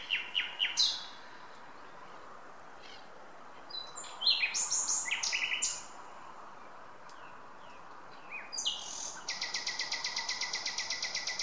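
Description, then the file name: Common nightingale song: several separate phrases of rich varied whistles and chirps, the last a long rapid rattling trill. "Luscinia megarhynchos"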